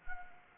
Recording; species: mosquito wingbeat signal from an infrared sensor; Anopheles arabiensis